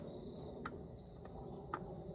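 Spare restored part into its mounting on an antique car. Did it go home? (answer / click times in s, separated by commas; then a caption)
no / none. On an antique car restoration, a spare restored part, a slightly smaller ring or trim piece, is dropped into its mount over a steady high-pitched background drone. Two brief handling knocks at about 0.7 s and 1.7 s are heard as it drops right in. It fails to snap or lock, so nothing has seated or clicked yet.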